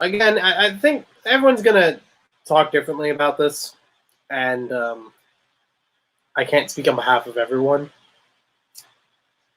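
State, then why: Seated. A plastic brick element is fitted into a LEGO 10273 Haunted House model during a build and clicks into place at 8.8 s, with a short, sharp click. Before that, someone talks for most of the clip. The piece seats, and it turns out to have a purpose beyond just making the rest of the build longer.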